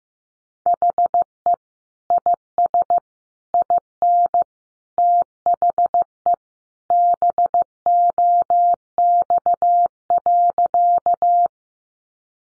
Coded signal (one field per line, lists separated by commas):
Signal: Morse code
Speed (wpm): 14 wpm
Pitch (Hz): 700 Hz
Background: none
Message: HE IS IN THE BOX.